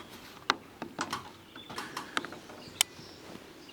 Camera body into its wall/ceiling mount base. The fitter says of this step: there was a click I don't know if you heard it just there was a Blick